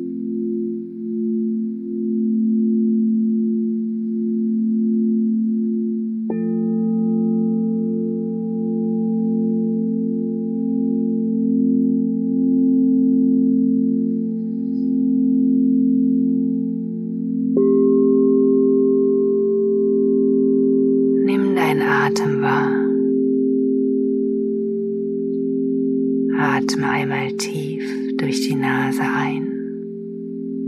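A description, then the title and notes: Crystal singing bowls hum in steady low tones, new pitches joining near 6 and 17 seconds, with brief speech around 21 and 27 seconds. Sound Meditation mit Crystal Singing Bowls.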